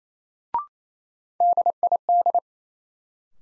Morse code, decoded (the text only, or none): DID